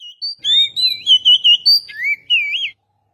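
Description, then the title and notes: Oriental magpie-robin song: a rapid run of clear whistles, warbled trills and upslurred notes, ending abruptly after under three seconds. "Kicau Burung Kacer"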